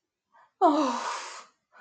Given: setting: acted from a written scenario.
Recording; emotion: vocal sound without words; elation